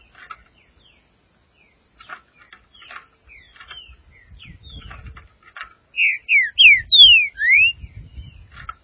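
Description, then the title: Green-winged saltator: quiet whistles and ticking chips build into a strong phrase of five or six sweet, slurred whistles, with a faint low rumble beneath. "Trinca Ferro"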